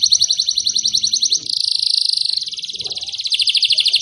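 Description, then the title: Canary with a steady pulsing trill, then a smooth buzzy roll, followed by a fast chattering series of repeated notes. Canary whose song is described as gacor, ngotot and a long roll (roll panjang), meant to make other canaries answer right away (langsung nyaut). "LANGSUNG NYAUT GACOR DOR Kenari Manasaja, Dengan Kicau Kenari GACOR NGOTOT ROLL PANJANG"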